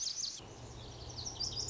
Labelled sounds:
Lazuli Bunting (Passerina amoena)
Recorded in Sonoma County, California

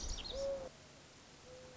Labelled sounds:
Mourning Dove (Zenaida macroura)
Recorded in Sonoma County, California

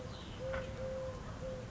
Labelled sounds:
Eurasian Collared Dove (Streptopelia decaocto)
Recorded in Sonoma County, California

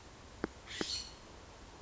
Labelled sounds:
California Scrub-Jay (Aphelocoma californica)
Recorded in Sonoma County, California

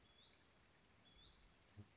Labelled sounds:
Hutton's Vireo (Vireo huttoni)
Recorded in Sonoma County, California

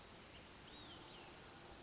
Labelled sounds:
Olive-sided Flycatcher (Contopus cooperi)
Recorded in Sonoma County, California

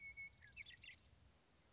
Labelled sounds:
Western Meadowlark (Sturnella neglecta)
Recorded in Sonoma County, California

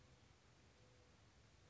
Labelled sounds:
Mourning Dove (Zenaida macroura)
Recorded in Sonoma County, California

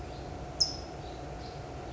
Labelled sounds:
California Towhee (Melozone crissalis)
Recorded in Sonoma County, California

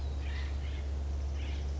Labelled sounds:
California Quail (Callipepla californica)
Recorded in Sonoma County, California

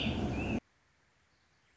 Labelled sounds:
Warbling Vireo (Vireo gilvus)
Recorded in Sonoma County, California

